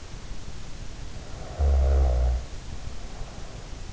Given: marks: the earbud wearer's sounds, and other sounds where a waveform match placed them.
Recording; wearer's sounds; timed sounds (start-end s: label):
sounds in sleep by an in-ear microphone; snoring breath
1.22-3.79 s: snoring breath